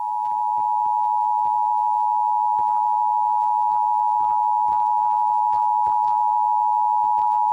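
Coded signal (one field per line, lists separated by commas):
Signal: Emergency Alert System (SAME) tones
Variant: 853 and 960 Hz attention tone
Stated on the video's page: National Periodic Test heard on WTOP-FM 103.5 MHz; attention tone and header aired twice by mistake.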